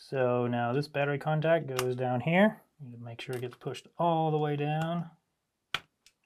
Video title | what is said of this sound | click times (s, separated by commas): I Bought 23 Broken Nintendo Handhelds - But Can I Fix them?! | Kind of snap into place. There we go. | 5.8 s